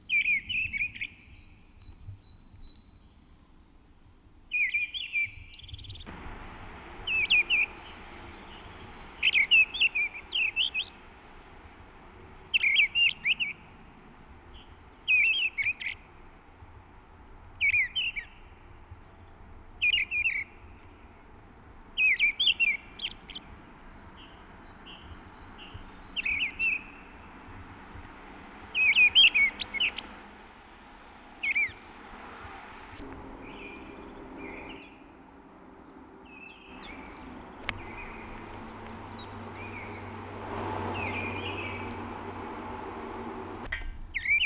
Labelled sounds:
Mistle Thrush (Turdus viscivorus) song
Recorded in the wild
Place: Kaiserslautern, Rheinland-Pfalz, DE
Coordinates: 49.3933, 7.74667
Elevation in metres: 323
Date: 1972-03-09
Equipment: Uher 4000 Report, AKG D 24, Parabolreflektor
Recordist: Tretzel, Erwin

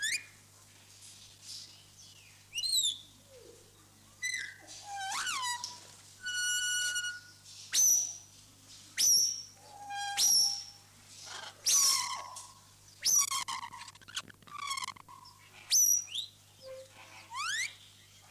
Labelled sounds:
Grey Parrot (Psittacus erithacus) call
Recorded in captivity
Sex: pair
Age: adult
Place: Vogelpark Niendorf, Schleswig-Holstein, DE
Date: 2006-09-28
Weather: sonnig, 24°C
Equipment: Grundig CR 110, Sennheiser ME 80, Kopie Uher 4000 Report Monitor
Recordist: Tembrock, Günter

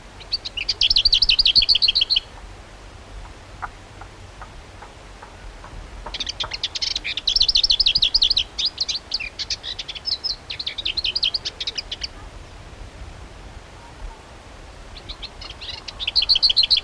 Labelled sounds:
Lesser Whitethroat (Sylvia curruca) song
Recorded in the wild
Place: Krombachtalsperre, DE
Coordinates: 50.6217, 8.12722
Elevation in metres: 530
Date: 1964-04-25
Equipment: Uher Report 4000, AKG D190
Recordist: Krey, Winfried

